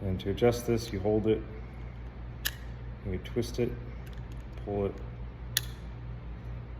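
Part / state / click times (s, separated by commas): adjustable backset sleeve of a deadbolt latch / seated / 5.6 s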